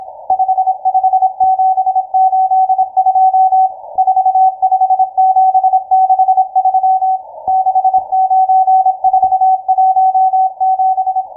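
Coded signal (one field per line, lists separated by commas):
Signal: Morse code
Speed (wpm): 26 wpm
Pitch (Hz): 750 Hz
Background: none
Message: 55782 45763 69417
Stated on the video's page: Morse station M12 on 12187.00 kHz, received via the University of Twente WebSDR.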